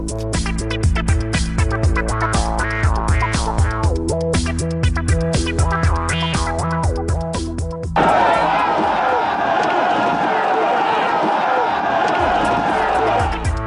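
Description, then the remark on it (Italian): A crowd of protesters shouting outside a large mine in the Sulcis Iglesiente area of Italy, where government representatives are meeting, starting with steady rhythmic pounding and chanting, then breaking after about eight seconds into a loud, dense, continuous roar of many voices. “L'accoglienza non è stata delle migliori come era immaginabile, è montata la protesta infatti fuori dalla grande miniera dove poi c'è stato l'incontro tra i rappresentanti del governo e quello del Sulcis Iglisiente.”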